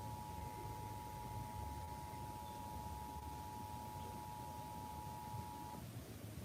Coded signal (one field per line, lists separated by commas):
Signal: Emergency Alert System (SAME) tones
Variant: 853 and 960 Hz attention tone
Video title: EAS TOA #16 3/6/26 3:15 PM CST (Credit Goes To @SouthernPennsylvaniaWX/@KanawhaCountyWX)